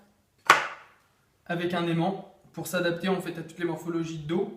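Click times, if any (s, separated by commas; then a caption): 0.5 s. A small shark-fin tail piece on a Rudy Project Wing57 aero helmet snaps onto the back of the helmet with a magnet, giving a sharp click at 0.5 s. The tail piece is seated, and it attaches magnetically to suit any back shape. Someone then talks.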